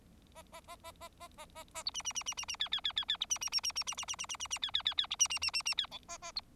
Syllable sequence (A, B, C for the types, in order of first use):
A A A A A A A A A B C C C C C C D D D D D B C C C C C C C C C C C C D D D D B C C C C C D E A A B